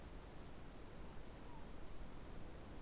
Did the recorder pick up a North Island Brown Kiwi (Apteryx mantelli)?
no